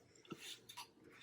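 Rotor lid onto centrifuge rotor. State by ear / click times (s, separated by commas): seated / 0.7 s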